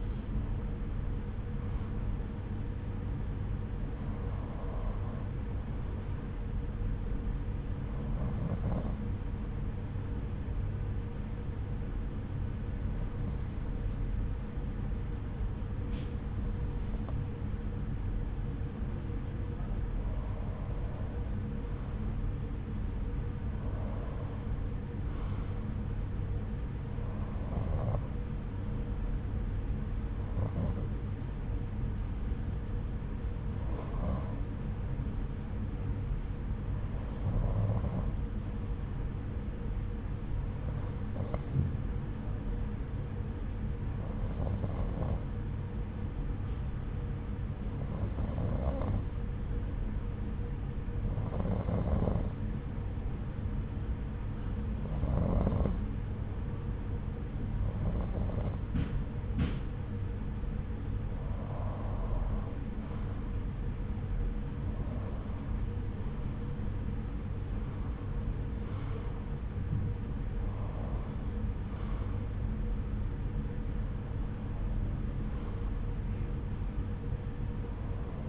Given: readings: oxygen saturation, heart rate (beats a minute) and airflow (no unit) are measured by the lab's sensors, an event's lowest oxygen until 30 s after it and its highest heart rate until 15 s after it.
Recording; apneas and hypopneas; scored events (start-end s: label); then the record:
breathing in sleep by a smartphone at the bedside; 2
4.00-22.90 s: hypopnea (N1, oxygen 92% highest, then 90% lowest, heart rate 78 at the start, 81 highest)
35.00-64.60 s: hypopnea (N1, oxygen 92% highest, then 90% lowest, heart rate 76 at the start, 88 highest)
From the record:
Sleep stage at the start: N1 (lightest sleep); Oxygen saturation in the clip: 90 to 93%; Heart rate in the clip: 73 to 88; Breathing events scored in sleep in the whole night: 303 in 8.1 hours asleep